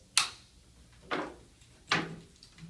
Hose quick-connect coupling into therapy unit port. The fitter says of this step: you're going to hear an audible click when it's in in place